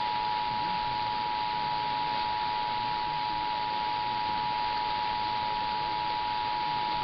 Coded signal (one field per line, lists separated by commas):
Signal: Emergency Alert System (SAME) tones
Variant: 853 and 960 Hz attention tone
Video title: *RARE!* Radio Sputnik (WZHF-AM 1390 khz) National EAS/EAN 10/4/2023